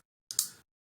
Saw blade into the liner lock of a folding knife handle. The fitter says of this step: and it locks in place and from the knives that I've used